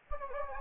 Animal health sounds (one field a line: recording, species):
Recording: mosquito wingbeat signal from an infrared sensor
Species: Anopheles gambiae